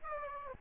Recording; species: mosquito wingbeat signal from an infrared sensor; Aedes albopictus